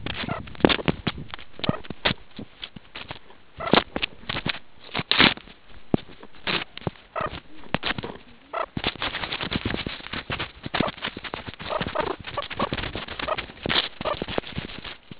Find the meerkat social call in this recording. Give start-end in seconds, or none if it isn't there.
none